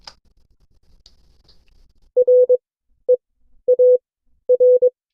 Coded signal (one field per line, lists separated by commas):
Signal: Morse code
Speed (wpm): 22 wpm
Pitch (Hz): 500 Hz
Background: none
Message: REAR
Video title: CW Class - Session 4 (2026-02-12)